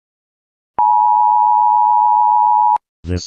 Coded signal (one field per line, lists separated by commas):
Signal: Emergency Alert System (SAME) tones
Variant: 853 and 960 Hz attention tone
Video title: THE GEROMINO SILTON EAS SCENARIO